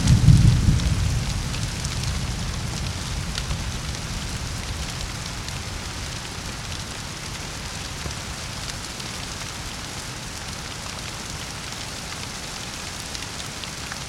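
Steady, dense rain hiss from a night storm, with a low rumble of thunder fading over the first few seconds, then an even wash.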